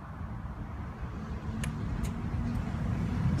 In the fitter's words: locked heard it click